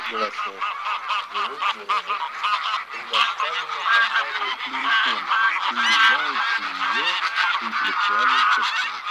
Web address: Гусь серый Oca Selvatica